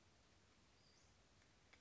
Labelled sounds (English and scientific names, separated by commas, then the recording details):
Western Flycatcher (Empidonax difficilis)
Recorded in Sonoma County, California